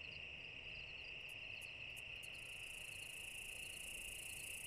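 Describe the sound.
Cicada droning in a constant high whine, with a few clicks in the first half and a faint hiss that thickens in the second half.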